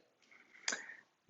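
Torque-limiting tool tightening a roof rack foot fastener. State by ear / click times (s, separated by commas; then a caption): torque reached / 0.7 s. The torque-limiting tool included with the Thule foot pack tightens the fastener on a roof rack foot for a 2013-2020 Fiat 500L 5-door hatchback. Quiet tightening noise builds before the tool's built-in torque indicator gives a single sharp click at 0.7 s, and a brief low thump follows near the end. The click signals that the fastener is fully tightened to its setting.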